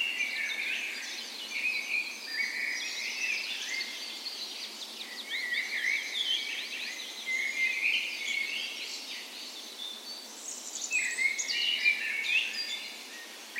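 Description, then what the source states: Birds singing a busy dawn chorus of overlapping chirps and trills. Dawn chorus in a park west in Bergen, Norway, on the morning of 17 May, Norway's National Day, in spring; recorded with Sony PCM A10 and LOM Usi microphones as tree ears.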